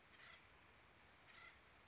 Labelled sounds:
Acorn Woodpecker
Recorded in Sonoma County, California

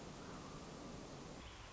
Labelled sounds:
American Robin
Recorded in Sonoma County, California

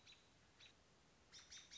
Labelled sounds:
American Robin
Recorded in Sonoma County, California

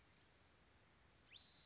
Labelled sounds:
Western Flycatcher
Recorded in Sonoma County, California

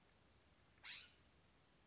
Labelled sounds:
California Scrub-Jay
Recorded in Sonoma County, California

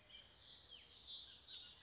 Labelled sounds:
Bullock's Oriole
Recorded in Sonoma County, California

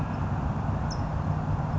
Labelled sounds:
California Towhee
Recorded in Sonoma County, California

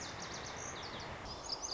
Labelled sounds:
Lazuli Bunting
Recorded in Sonoma County, California

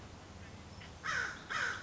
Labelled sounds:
American Crow
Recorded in Sonoma County, California

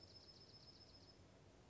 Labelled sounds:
Dark-eyed Junco
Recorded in Sonoma County, California

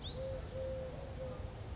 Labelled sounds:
Eurasian Collared Dove
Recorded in Sonoma County, California

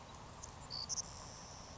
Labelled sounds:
Savannah Sparrow
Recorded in Sonoma County, California

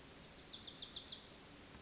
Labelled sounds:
Wilson's Warbler
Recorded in Sonoma County, California

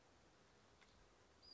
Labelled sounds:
Western Flycatcher
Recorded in Sonoma County, California

